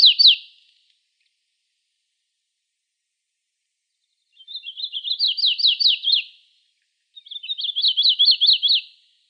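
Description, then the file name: Warbler delivering repeated songs: the tail of one phrase, then two full runs of fast, high, sharply slurred notes with quiet between. Recorded in Arizona. "PARE 5 deviche"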